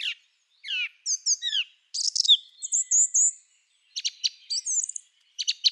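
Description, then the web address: Song thrush song of descending slurred whistles, a harsh buzzy burst, then thin high trills and sharp repeated clicks, in a clean, quiet setting. "Schulze Peter Song Thrush song"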